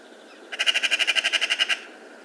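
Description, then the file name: Eurasian magpie uttering a single harsh, rapid rattle of about a dozen grating notes lasting just over a second. "Pica pica"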